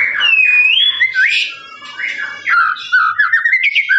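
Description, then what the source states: Lovebird squeaky song: a drawn-out rising whistle followed by harsh chattering notes and quick twittering phrases. Long trilling ngekek song of a lovebird, used as a master recording for training birds.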